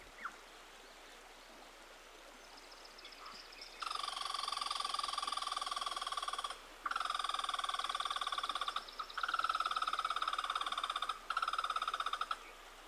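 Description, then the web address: Red squirrel scolding: harsh, rapid rattling chatter in four long bursts, starting about four seconds in and running almost to the end, over a quiet background. Territorial scolding because another squirrel has invaded its territory; both squirrels probably busy collecting nuts and cones for their winter food supply. "Dan Gibson's Solitudes Nature Trails. Red Squirrel"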